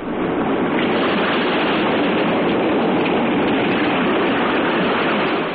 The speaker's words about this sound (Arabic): الآن أستمع إلى صوت الموج بالفعل.